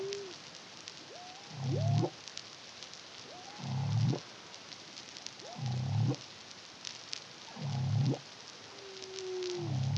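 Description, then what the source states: Humpback whale song: evenly spaced low grunts every two seconds, each topped by a short upswept cry, against a crackling underwater hiss. Caribbean, CARIMAM project, 2023.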